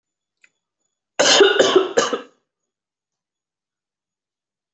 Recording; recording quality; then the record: heavy voluntary cough; excellent, no background noise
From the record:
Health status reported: recovered from COVID-19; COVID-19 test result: positive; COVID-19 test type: RT-PCR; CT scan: not taken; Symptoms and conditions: none ticked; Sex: male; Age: 25 years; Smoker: no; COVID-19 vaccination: both doses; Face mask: not worn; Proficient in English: yes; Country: India